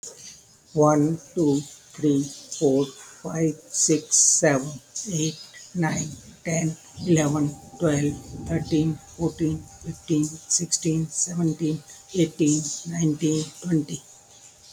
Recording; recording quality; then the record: counting at a normal pace; excellent, no background noise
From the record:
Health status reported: healthy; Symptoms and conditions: diabetes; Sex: male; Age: 67 years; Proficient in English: yes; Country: India